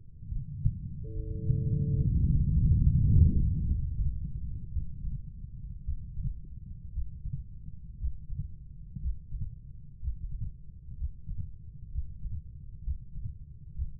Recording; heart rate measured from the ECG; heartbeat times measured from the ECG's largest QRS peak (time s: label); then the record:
heart sounds by stethoscope; 62 bpm
0.29 s: heartbeat
1.13 s: heartbeat
1.97 s: heartbeat
2.79 s: heartbeat
3.64 s: heartbeat
4.71 s: heartbeat
5.83 s: heartbeat
6.91 s: heartbeat
7.97 s: heartbeat
8.99 s: heartbeat
9.99 s: heartbeat
10.95 s: heartbeat
11.89 s: heartbeat
12.82 s: heartbeat
13.73 s: heartbeat
From the record:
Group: healthy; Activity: rest 0-3 s, breath hold 3-14 s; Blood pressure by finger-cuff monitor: 102/69 mmHg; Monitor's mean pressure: 79 mmHg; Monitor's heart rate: 62 bpm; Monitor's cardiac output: 5 L/min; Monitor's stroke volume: 79 mL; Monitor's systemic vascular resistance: 1230 dyn s/cm5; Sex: female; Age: 43 years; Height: 160 cm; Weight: 90 kg